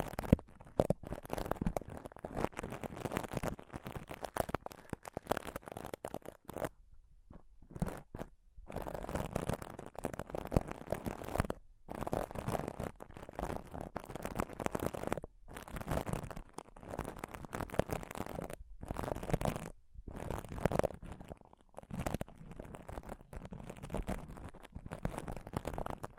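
Scratching and touching on a microphone make dense, rough rubbing and crackling that runs almost without pause. It is mostly low and muffled with sharp bright scrapes mixed in. Brief dead-silent gaps break it up, around seven to eight seconds and again near twelve, fifteen, nineteen and twenty seconds.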